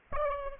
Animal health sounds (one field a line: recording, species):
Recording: mosquito wingbeat signal from an infrared sensor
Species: Aedes albopictus